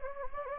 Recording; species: mosquito wingbeat signal from an infrared sensor; Anopheles gambiae